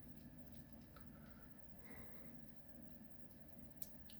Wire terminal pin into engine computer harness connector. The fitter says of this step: and then when it'll click into place, and then you won't be able to pull it out.